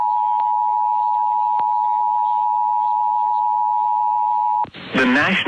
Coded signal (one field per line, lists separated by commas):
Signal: Emergency Alert System (SAME) tones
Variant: 853 and 960 Hz attention tone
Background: speech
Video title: [EAS #62] PDS TORNADO WARNING IN MICHIGAN